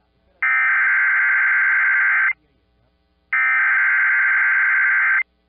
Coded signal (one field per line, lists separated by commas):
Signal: Emergency Alert System (SAME) tones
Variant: header bursts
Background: speech